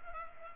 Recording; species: mosquito wingbeat signal from an infrared sensor; Culex pipiens